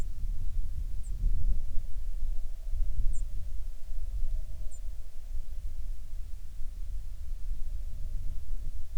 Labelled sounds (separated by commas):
songbird, wind